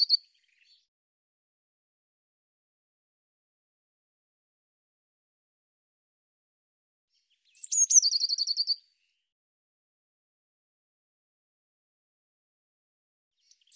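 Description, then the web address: Bird song: a single high whistle and rapid descending trill midway through long silence, with brief fragments at the start and end. "cianscape birddata Deverinetal Bird Cy Ca Cy Ca"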